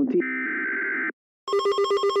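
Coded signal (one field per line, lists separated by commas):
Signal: Emergency Alert System (SAME) tones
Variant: header bursts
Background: speech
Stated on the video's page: Mock severe thunderstorm warning imitating weather radio WXK76, with only one end-of-message tone as that station sends.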